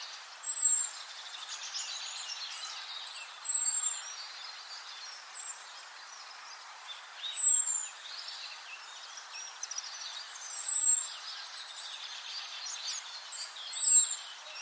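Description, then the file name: Common blackbird repeating a thin, piercing high whistle about every three seconds, several times in all, against a steady chorus of other small birds. "Turdus merula"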